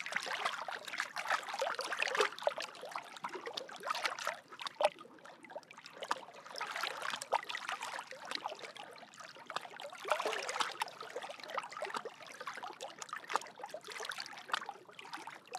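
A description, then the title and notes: Lake sounds at night: a close, continuous trickle and lap of water, full of quick small splashes and clicks. It swells into brighter, busier passages around two, seven and ten seconds, then eases back, with nothing low or rumbling underneath. Lake Sounds at Night.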